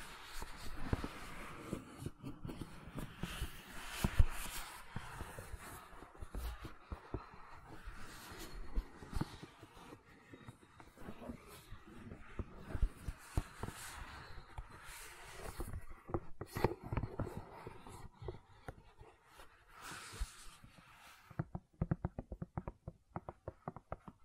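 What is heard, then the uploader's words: Gentle silicon sounds made of soft, irregular clicks and crackles that tumble along densely for most of the time, with small bursts of louder taps. Near the end the sound thins out, turning duller and sparser, with isolated ticks. ASMR Gentle Silicon Sounds for Sleep (No Talking).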